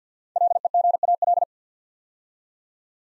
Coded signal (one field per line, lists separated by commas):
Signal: Morse code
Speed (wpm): 48 wpm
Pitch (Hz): 700 Hz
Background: none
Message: LEGAL